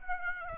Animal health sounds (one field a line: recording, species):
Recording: mosquito wingbeat signal from an infrared sensor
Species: Aedes aegypti